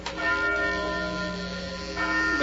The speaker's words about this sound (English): Bill, look up through that belfry. That bell's ringing.